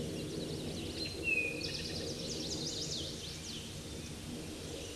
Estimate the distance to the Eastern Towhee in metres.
about 10 m